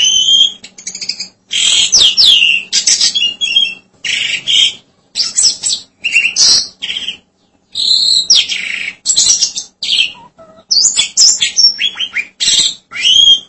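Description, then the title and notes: Starling song: a rapid, varied run of harsh buzzy notes, squeaks and whistled slurs in bursts with brief pauses, over a faint steady low hum. "suara burung jalak"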